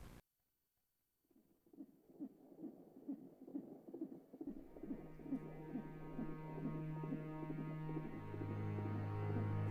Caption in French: On entend comme un cheval au galop c'est le rythme du cœur du bébé. On entend le rythme du cœur du bébé juste avant la naissance.